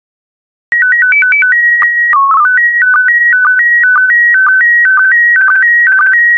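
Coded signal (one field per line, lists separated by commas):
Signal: SSTV (slow-scan television)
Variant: PD 120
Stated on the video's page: PD120-mode SSTV images of ocean life, prepared for listeners to practise decoding.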